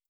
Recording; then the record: hydrophone in a shrimp aquaculture tank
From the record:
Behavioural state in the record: stressed